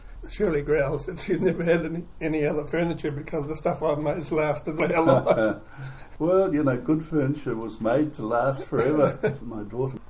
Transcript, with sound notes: Shirley growls that she’s never had any other furniture because the stuff I made has lasted that well. [Chuckle] Well, you know, good furniture was made to last forever. [Chuckle] My daughter…